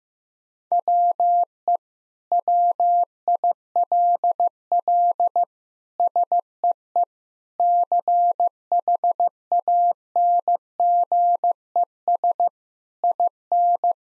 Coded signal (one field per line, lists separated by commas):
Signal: Morse code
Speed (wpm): 16 wpm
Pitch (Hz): 700 Hz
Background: none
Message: WE WILL SEE CHANGES IN